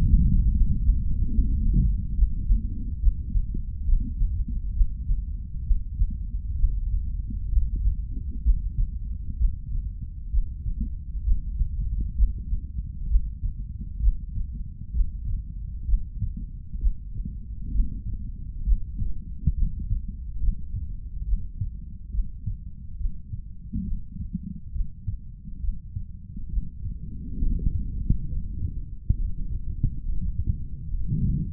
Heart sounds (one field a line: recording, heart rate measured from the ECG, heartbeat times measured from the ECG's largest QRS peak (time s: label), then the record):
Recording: heart sounds by stethoscope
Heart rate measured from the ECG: 67 bpm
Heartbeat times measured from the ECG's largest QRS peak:
0.57 s: heartbeat
1.34 s: heartbeat
2.15 s: heartbeat
3.00 s: heartbeat
3.85 s: heartbeat
4.74 s: heartbeat
5.64 s: heartbeat
6.56 s: heartbeat
7.50 s: heartbeat
8.43 s: heartbeat
9.37 s: heartbeat
10.30 s: heartbeat
11.23 s: heartbeat
12.15 s: heartbeat
13.08 s: heartbeat
14.00 s: heartbeat
14.93 s: heartbeat
15.86 s: heartbeat
16.79 s: heartbeat
17.72 s: heartbeat
18.64 s: heartbeat
19.54 s: heartbeat
20.40 s: heartbeat
21.25 s: heartbeat
22.11 s: heartbeat
22.97 s: heartbeat
23.84 s: heartbeat
24.72 s: heartbeat
25.61 s: heartbeat
26.50 s: heartbeat
27.39 s: heartbeat
28.29 s: heartbeat
29.16 s: heartbeat
30.03 s: heartbeat
30.89 s: heartbeat
From the record:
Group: healthy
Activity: Valsalva maneuver 0-28 s, rest 28-32 s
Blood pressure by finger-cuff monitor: 108/83 mmHg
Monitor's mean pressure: 93 mmHg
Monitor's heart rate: 68 bpm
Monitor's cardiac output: 3.2 L/min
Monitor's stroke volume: 46 mL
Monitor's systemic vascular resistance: 2180 dyn s/cm5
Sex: male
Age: 55 years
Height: 167 cm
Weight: 57.2 kg